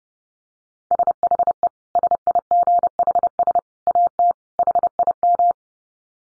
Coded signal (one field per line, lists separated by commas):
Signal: Morse code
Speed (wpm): 30 wpm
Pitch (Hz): 700 Hz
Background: none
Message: SHE SIGHS AT HIM